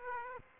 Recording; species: mosquito wingbeat signal from an infrared sensor; Aedes aegypti